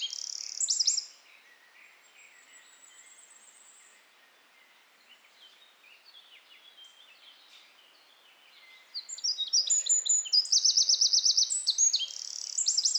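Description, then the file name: Eurasian wren: a short loud trill at the start, a quiet stretch of faint twitters, then a powerful rapid song with rattling trills bursting out near the end. "Troglodytes troglodytes"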